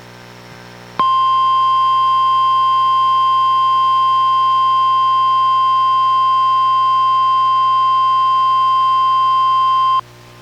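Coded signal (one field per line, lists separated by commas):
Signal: Emergency Alert System (SAME) tones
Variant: 1050 Hz attention tone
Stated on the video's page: Required Weekly Test from NOAA Weather Radio in Astoria, issued by the Portland weather service office, recorded from a Reecom R-1630 weather radio through a Zoom H1.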